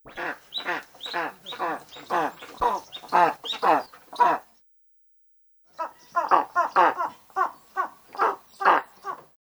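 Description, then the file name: Eastern imperial eagle calling in rapid series of rough, croaking barks, two bursts of repeated harsh notes separated by a short silence. "mogilnik golos"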